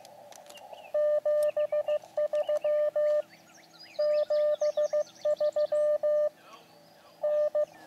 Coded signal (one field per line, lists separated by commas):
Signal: Morse code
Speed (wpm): 15 wpm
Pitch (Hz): 600 Hz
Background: none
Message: 73 73 N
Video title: Elecraft KX2 OVERHEATS!!! | Random Wire Antenna | QRP Portable QSO